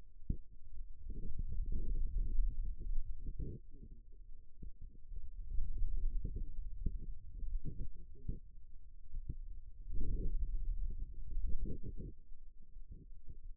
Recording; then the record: forearm muscle sounds (acoustic myography)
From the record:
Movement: finger pinch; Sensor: system 2, bracelet of six BSWA MPA416 microphones around the upper forearm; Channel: 3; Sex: male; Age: 22 years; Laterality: right